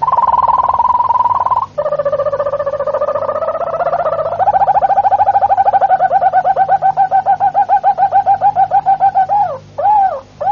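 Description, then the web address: Harz Roller canary song: a low, smooth rolling trill that shifts between tours, ending in a few looping hollow notes, with a faint steady hum underneath. "canarios cantoharz"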